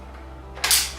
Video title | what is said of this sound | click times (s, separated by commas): A&K M24 Unboxing , Review , Chrono , Chrono after upgrades. Is it SSG24 contender in M24 market? | Need to push it until it clicks properly, then it holds perfect. | 0.6 s